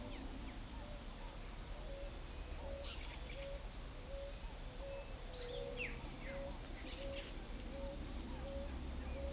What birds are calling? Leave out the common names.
Zenaida auriculata, Columbina squammata, Thraupis episcopus